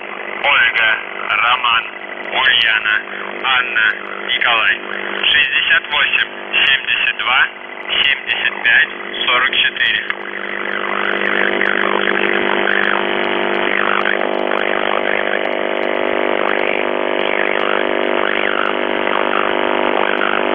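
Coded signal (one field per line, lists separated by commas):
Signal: numbers station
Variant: UVB-76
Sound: voice reading a message over a steady droning buzz, then the buzz alone continues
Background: radio static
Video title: The Buzzer/UVB-76(4625Khz) September 16, 2021 13:06UTC Voice message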